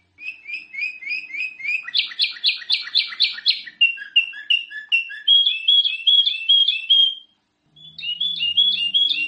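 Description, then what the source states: Sooty-headed bulbul singing a long, lively series of rapid chirps and twittering notes that shift in pitch, followed by a brief pause and more chirping. Kutilang described as gacor, a local term for a bird singing constantly and energetically.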